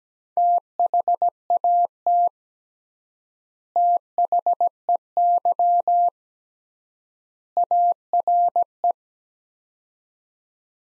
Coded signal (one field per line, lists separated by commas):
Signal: Morse code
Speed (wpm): 17 wpm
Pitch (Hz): 700 Hz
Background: none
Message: THAT THEY ARE